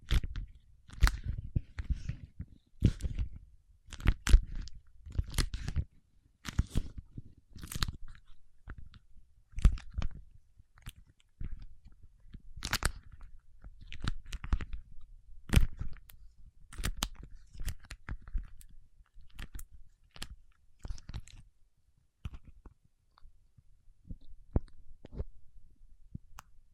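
Paraffin wax being peeled, tapped and scratched, heard as a dense run of sharp crackles, snaps and clicks that carry up into the high range. The sounds come in irregular bursts with brief pauses, and a soft low thumping sits underneath throughout.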